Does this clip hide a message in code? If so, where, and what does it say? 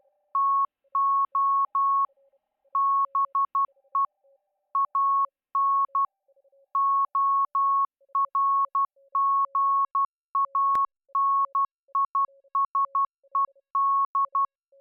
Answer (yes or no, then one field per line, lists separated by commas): yes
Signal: Morse code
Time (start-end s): 0.3-14.4 s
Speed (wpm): 12 wpm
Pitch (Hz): 1100 Hz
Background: none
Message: TO BE AN ORGANISED